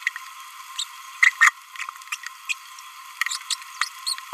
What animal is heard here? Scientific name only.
Forpus passerinus